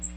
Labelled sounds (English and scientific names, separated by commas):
Magnolia Warbler (Setophaga magnolia) flight call